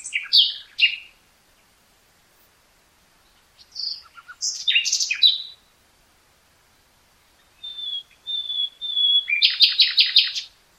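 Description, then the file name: Common nightingale song: chattering phrases, then slow pure whistled notes repeated three times, breaking into a loud rapid rattling trill. "Luscinia megarhynchos"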